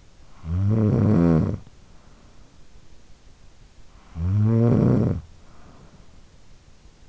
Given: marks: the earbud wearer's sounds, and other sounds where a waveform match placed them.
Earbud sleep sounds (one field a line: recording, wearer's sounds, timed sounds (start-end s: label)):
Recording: sounds in sleep by an in-ear microphone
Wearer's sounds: snoring breath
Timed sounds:
0.00-2.79 s: snoring breath
3.67-6.61 s: snoring breath